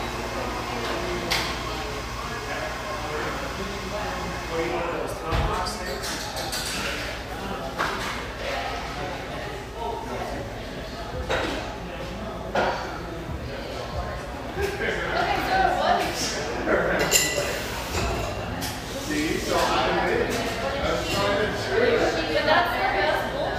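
A café full of background chatter, overlapping voices forming a dense, steady murmur with a low constant hum underneath. Brief clinks and knocks cut through now and then, near 1, 5 and 12 seconds, and the crowd grows a little louder after about 15 seconds.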